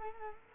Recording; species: mosquito wingbeat signal from an infrared sensor; Culex quinquefasciatus